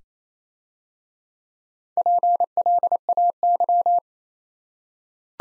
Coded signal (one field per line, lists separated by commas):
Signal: Morse code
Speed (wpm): 27 wpm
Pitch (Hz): 700 Hz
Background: none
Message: PLAY